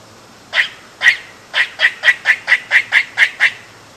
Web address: eastern gray squirrel